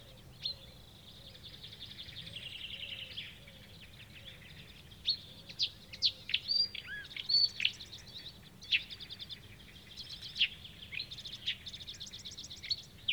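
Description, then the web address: Marsh warbler singing a lively, varied medley of scratchy chatter, buzzy trills and clear slurred whistles, broken by brief gaps and sharp high notes. On 6 June 2016. "fagelljud 20160606 karrsangare"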